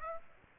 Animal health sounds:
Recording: mosquito wingbeat signal from an infrared sensor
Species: Aedes aegypti

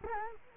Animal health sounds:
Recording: mosquito wingbeat signal from an infrared sensor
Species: Culex quinquefasciatus

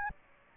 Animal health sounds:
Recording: mosquito wingbeat signal from an infrared sensor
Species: Aedes albopictus

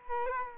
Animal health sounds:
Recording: mosquito wingbeat signal from an infrared sensor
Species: Culex quinquefasciatus

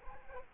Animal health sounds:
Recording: mosquito wingbeat signal from an infrared sensor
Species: Culex quinquefasciatus

